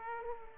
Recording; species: mosquito wingbeat signal from an infrared sensor; Aedes aegypti